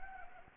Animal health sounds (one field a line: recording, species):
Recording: mosquito wingbeat signal from an infrared sensor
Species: Anopheles gambiae